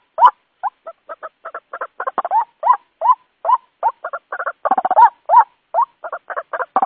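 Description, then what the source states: White-breasted waterhen giving rapid rough croaks interspersed with rising nasal notes, the series pressing on steadily. Lure call for attracting white-breasted waterhens.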